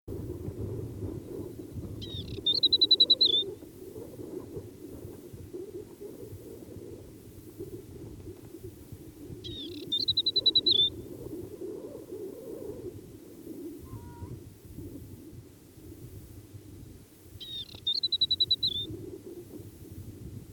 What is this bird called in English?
Asian Desert Warbler